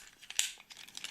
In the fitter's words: this out, close this together, clicks